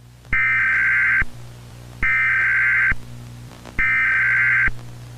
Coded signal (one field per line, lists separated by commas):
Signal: Emergency Alert System (SAME) tones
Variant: header bursts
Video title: Salgın Mutasyona Uğradı |EAS Senaryosu|Acil durum uyarısı|